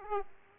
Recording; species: mosquito wingbeat signal from an infrared sensor; Aedes aegypti